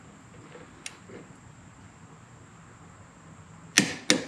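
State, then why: Torque reached. A torque wrench tightens a clutch pressure plate bolt during a Trask Power Plate (Red Accent Performance Plate) install on a Harley-Davidson clutch upgrade. After a faint tick near 0.9 s and low background hiss, the wrench gives two sharp, bright clicks at 3.8 s and 4.1 s, confirming the bolt has reached its torque setting.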